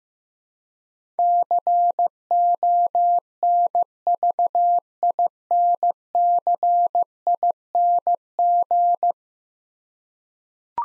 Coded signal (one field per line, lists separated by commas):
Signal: Morse code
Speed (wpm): 15 wpm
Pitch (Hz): 700 Hz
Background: none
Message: CONVINCING